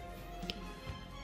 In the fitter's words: un peu comme ça tu entends un clip et